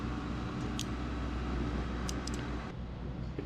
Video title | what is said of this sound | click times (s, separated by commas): RV Off-GRID solar install with Victron components for boondocking! #rvliving #rvlife #solarpower | sure you hear that pop | 2.1 s